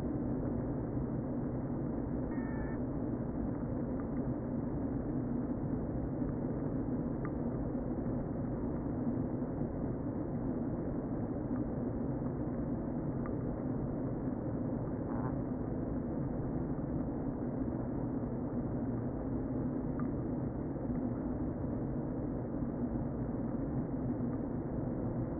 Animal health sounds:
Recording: honeybee colony, microphone inside the hive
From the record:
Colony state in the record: queen present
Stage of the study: before two queens were removed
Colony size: about 60,000 bees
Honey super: yes

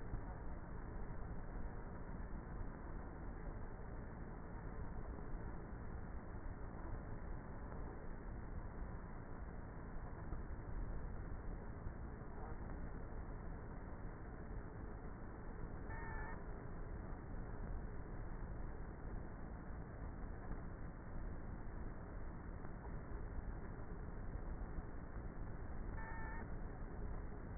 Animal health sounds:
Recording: honeybee colony, microphone inside the hive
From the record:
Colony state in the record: queenless with a low population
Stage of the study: before two queens were removed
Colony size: about 30,000 bees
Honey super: no

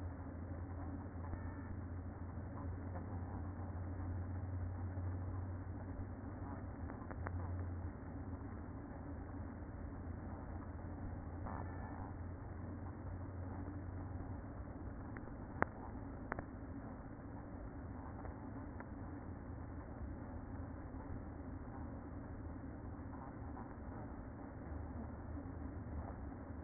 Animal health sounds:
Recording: honeybee colony, microphone inside the hive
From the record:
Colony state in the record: queen present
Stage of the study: after two queens were removed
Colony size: about 60,000 bees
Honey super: yes

